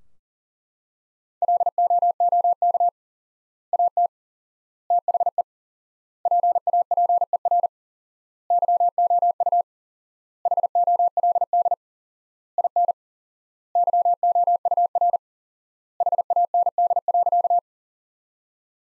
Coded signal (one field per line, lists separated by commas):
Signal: Morse code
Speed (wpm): 40 wpm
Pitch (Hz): 700 Hz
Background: none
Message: LOOK AT THE PAPER YOU HOLD IN YOUR HAND.